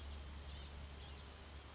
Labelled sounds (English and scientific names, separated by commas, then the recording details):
Blue-gray Gnatcatcher (Polioptila caerulea)
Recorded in Sonoma County, California